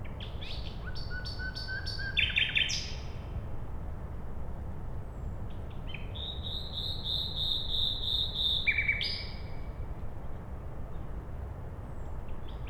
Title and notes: Bohaterów Westerplatte, 41-106 Siemianowice Śląskie, Polska - Nightingale. Poniedziałek, 20 maja 2019. Noc. Słowik przy drodze. Nagrania terenowe Siemianowic Śląskich - Dźwiękowy Portret Miasta